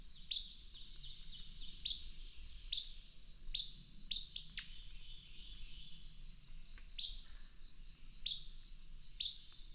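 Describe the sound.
Bird calling with a series of bright, high chirps, a brief cluster of quick notes midway, then a pause before a few more chirps.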